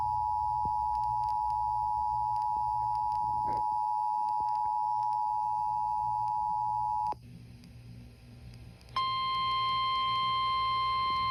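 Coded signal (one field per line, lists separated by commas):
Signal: Emergency Alert System (SAME) tones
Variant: 853 and 960 Hz attention tone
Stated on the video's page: Severe thunderstorm warning relayed on an FM radio station.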